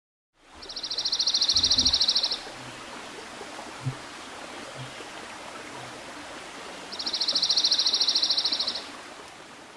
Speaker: That was the song of the dark-eyed junco, actually a type of sparrow, part of the same family.